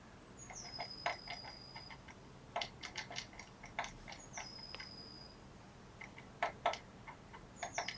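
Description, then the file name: Eurasian blue tit calling with thin high drawn-out whistles and scattered clicking, ticking notes in loose clusters, over a quiet background. "Cyanistes caeruleus"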